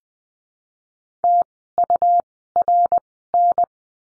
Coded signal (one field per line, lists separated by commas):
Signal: Morse code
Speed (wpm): 20 wpm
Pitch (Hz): 700 Hz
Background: none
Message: TURN